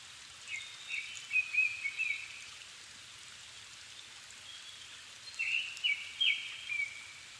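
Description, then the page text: Japanese thrush giving two phrases of rich, varied whistled notes a few seconds apart, with a constant hiss in the background. Recorded 7 May 2011 at 17:59, altitude 270 m, with a Sony PCM-D50 recorder and Panasonic WM-61A microphone. "kurotugumi 20110507-1759. Turdus cardis [Sounds -Nikko Today-]"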